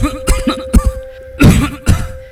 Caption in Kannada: ಏನೇ ಆಳದ ಕೆಮ್ಮು ನಿಲ್ತಾನೆ ಇಲ್ವಲ್ಲಪ್ಪ? ಬುಕ್ ಬುಕ್ನ ಕೆಮ್ತಾನ, ಬುಗ ಬುಗ್ನ ಒಗ ಬಿಡ್ತಾನೆ ಇರ್ತಾನ. ಈ ಬೀಡಿ ಸಿಗರೇಟ್ ಸೇದೋದಿಂದಾನೆ ನಿನಗೆ ಕೆಮ್ಮು ಬಂದಿರೋದು.